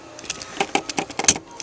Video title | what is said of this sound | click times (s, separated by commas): osp procross surge tank install | till it snaps in | 1.3 s